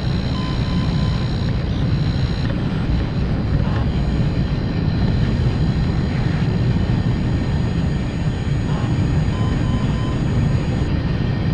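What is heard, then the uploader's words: A household appliance runs with a steady, dense low rumble that holds at an even level throughout. Thin high whines sit on top of the hum. Short electronic beeps sound near the start and again around nine to ten seconds, with a couple of brief chirps between. Household appliances recorded with a Soma Ether.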